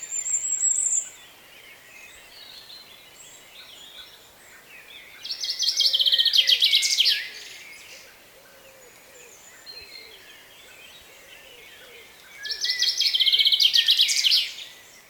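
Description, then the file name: Common chaffinch singing twice, seven seconds apart, each phrase a fast rattling series of high notes descending through sections to a terminal flourish; soft background bird twitters. "Fringilla coelebs"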